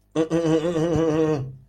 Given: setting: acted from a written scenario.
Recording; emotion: vocal sound without words; contempt